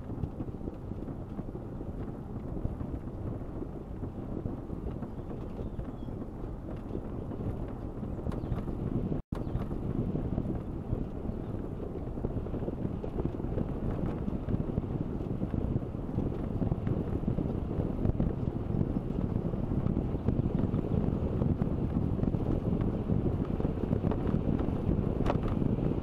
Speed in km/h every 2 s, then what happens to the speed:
21, 22, 22, 22, 23, 23, 23, 24, 25, 26, 26, 26, 26.
0-26 steady at about 23.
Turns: none.